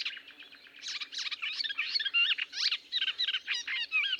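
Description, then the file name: Melodious warbler song, a quick, varied run of chirps, buzzy notes and whistled slurs. "British Library - Melodious Warbler Hippolais polyglotta"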